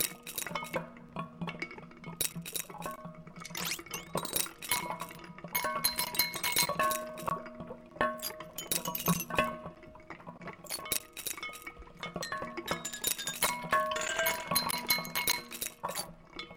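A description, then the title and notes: Ice cubes drop into glasses and a mug, each landing as a sharp, bright clink that rings out briefly with a clear pitched tone. The clinks come in quick irregular clusters throughout, some overlapping, with different ringing pitches from vessel to vessel. I recorded some ice cubes dropped into different glasses and a mug with a Zoom H1, looped them with SooperLooper, played around with speed and levels thanks to a mapped Xone:K1 controller, and further edited the output and other samples + mixed it all into Audacity.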